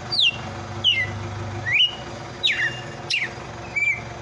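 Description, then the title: Red-cowled cardinal giving six clear whistles, mostly downslurred, spaced about two-thirds of a second apart, over a steady low hum and background noise. Female bird. "Canto Galo Campina Fêmea"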